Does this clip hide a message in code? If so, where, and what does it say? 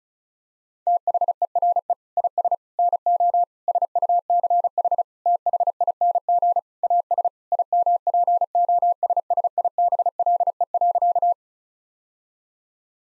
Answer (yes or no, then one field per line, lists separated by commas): yes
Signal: Morse code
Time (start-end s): 0.9-11.3 s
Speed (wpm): 36 wpm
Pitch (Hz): 700 Hz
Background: none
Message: THERE IS NO SUCH THING AS IMPOSSIBLE.